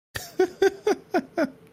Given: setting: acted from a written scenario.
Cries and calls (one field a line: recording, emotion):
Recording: vocal sound without words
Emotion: amusement